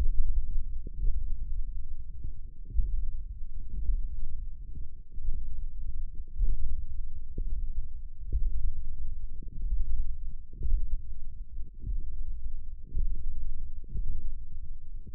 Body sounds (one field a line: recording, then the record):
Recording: forearm muscle sounds (acoustic myography)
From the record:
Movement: tripod grip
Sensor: system 1, eight BSWA MPA416 microphones around the upper forearm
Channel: 5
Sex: female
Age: 20 years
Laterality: right